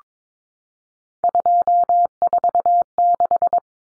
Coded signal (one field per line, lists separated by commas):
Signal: Morse code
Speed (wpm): 22 wpm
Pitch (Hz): 700 Hz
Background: none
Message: 246